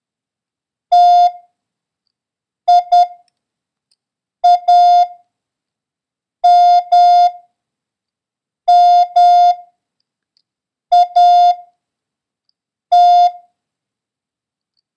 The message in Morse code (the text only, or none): TIAMMAT